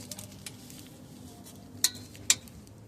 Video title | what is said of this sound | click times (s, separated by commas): 2010 Honda CR-V - Transmission Fluid Drain and Fill | torque her up until it clicks. And then | 1.8 s, 2.3 s